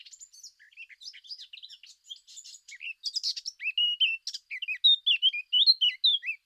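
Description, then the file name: Eurasian blackcap song: a hurried scratchy warble that grows louder and ends in a run of clearer, whistled fluty notes. "Sylvia atricapilla"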